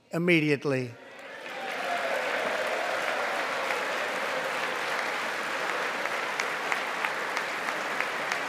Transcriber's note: applause